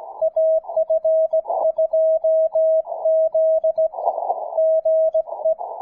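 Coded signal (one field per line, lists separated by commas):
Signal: Morse code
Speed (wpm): 17 wpm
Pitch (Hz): 640 Hz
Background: music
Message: AF2Z GE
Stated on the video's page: SKCC WES CW event, calling CQ with an Elecraft K3, Bunnell Double Speed sideswiper key and endfed wire antenna; some FT8 QRM and weak signals.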